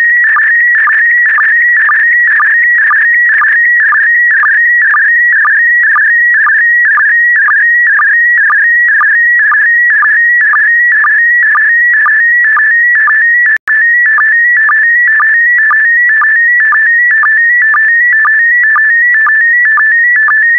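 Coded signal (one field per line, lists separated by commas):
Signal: SSTV (slow-scan television)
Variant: PD120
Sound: steady warbling whistle around 2 kHz with rhythmic low chirps about twice per second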